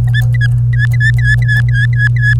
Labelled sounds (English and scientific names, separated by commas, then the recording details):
Domestic Canary (Serinus canaria) song
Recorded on 28 April 2018 at 05:54
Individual llb3